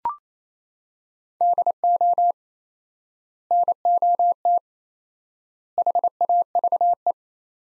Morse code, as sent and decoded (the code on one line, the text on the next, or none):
-.. --- / -. --- - / .... .- ...- .
DO NOT HAVE